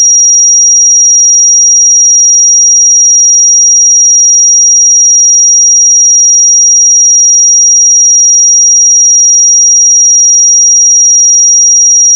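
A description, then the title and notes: A pure sine tone at 5707 Hz holds perfectly steady for the whole twelve seconds, thin and piercingly high with no wavering in pitch or level. Nothing else sounds behind it; the tone ends abruptly with a faint click. 5707 Hz 1 Hz Interval Sine Pure Tone Frequency 441000 Sample Mono.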